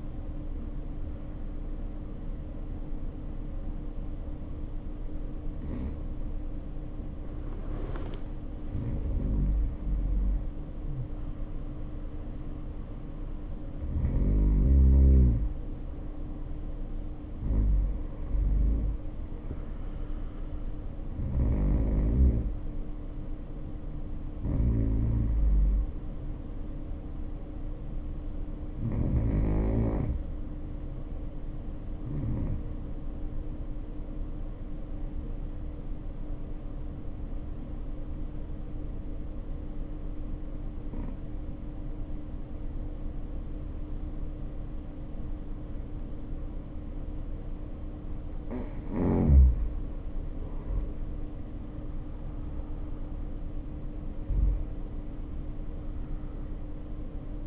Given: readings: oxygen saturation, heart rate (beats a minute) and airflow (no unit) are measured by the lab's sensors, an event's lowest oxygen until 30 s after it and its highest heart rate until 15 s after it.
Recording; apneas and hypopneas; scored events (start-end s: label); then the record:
breathing in sleep by a smartphone at the bedside; 1
25.00-51.90 s: hypopnea (N1, oxygen 95% highest, then 83% lowest, heart rate 54 at the start, 64 highest)
34.00-57.47 s: new sleep stage, N2 (light sleep)
From the record:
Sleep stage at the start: N1 (lightest sleep); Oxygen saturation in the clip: 89 to 95%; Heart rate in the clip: 52 to 64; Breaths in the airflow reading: 14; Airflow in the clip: -3.7 to 2.1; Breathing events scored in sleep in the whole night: 520 in 7.2 hours asleep